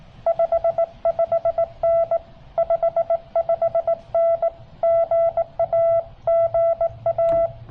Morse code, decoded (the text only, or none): 55N 55N GA GA